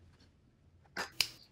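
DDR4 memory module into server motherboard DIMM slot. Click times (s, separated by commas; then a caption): 1.0 s, 1.2 s. A DDR4 memory module is pressed down into slot A1, a DIMM slot on a Dell PowerEdge R730xd server motherboard, after a quiet lead-in. The two retaining tabs snap in on the sides of the module and pull it down, giving two sharp clicks at 1.0 s and 1.2 s, the second louder. The module is fully inserted and seated.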